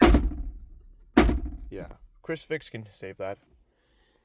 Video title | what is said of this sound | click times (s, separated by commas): I got a Jeep cherokee XJ | And this thing right here doesn't latch. | none